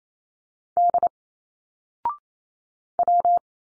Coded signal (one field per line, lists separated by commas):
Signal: Morse code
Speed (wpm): 28 wpm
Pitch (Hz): 700 Hz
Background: none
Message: D W